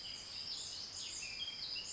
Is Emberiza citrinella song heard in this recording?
no